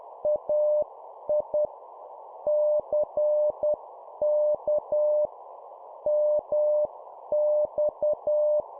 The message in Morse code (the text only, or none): AI CK MX